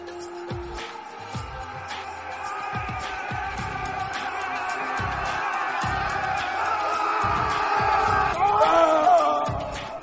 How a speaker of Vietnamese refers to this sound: Bên ngoài bỗng nhiên truyền đến tiếng gào thét hưng phấn mà điên cuồng. Mười mấy đứa nhỏ không lớn lắm chạy vào như điên, vừa chạy vừa hô to.